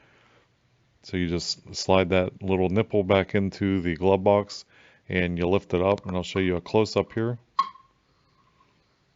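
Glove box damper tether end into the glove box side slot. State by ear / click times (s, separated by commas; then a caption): seated / 7.6 s. After a cabin filter change on a 2016 Chevy Colorado (same as the GMC Canyon), the plastic nipple end of the recoiling glove box damper tether is slid back into its slot on the side of the glove box and lifted up. Someone talks, then a sharp click at 7.6 s confirms the tether end is seated in place.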